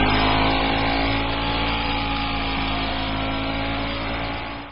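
A motorbike engine roars with a steady, buzzing drone and a low harmonic hum as a young girl revs the throttle, holding loud for several seconds before tapering off at the end as she rides away.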